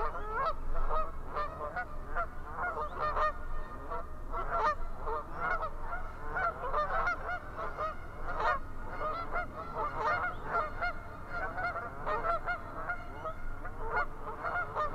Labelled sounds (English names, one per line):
Canada Goose call